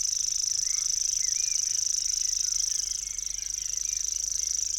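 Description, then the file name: Common grasshopper warbler song: an unbroken, very high mechanical trill like a fishing reel spinning, steady in pitch, with soft calls of other birds in the background. "locustelle tachetee"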